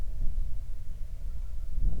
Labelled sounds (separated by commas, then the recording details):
waterfowl, wind
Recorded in the Prudhoe Bay oil fields, Alaska, on 31 July 2019 at 07:35
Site 24